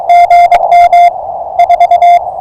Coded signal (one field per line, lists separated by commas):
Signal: Morse code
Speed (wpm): 20 wpm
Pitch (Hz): 660 Hz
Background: none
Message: GM 4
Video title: Early Bird Morse Code CW POTA Pileup 04242025